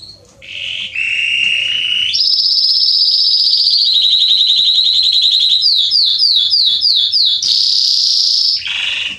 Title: Canary Training Esquente Seu Filhote E Canario Belga Macho Cantando Muito CANTO DO CANRIO